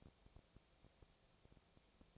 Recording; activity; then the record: daily activity, microphone in the room; no activity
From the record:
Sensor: 1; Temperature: 19.8 degrees Celsius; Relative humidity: 37.9%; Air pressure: 998.8 hPa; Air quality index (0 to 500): 233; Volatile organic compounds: 134 ppm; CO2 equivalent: 3949 ppm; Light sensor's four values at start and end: 1/2/1/1 and 1/2/1/1